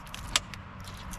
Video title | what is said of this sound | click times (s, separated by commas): 2003 Chevy Silverado Clear Headlight Install | Okay, that clicked into place, so yeah, should be just as simple as that. | 0.4 s